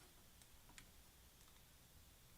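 A brick-built leg of a Lego UCS R2-D2 model is pushed back into the body against a steady low background hiss. Two light ticking clicks are heard at 0.4 s and 0.8 s, the second one sharper. The leg mechanism locks into place.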